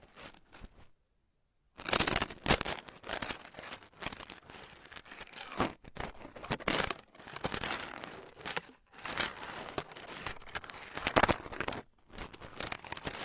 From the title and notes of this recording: Pure hair picking, delicate and different tingling comfort, electric-like feeling.